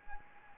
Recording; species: mosquito wingbeat signal from an infrared sensor; Anopheles gambiae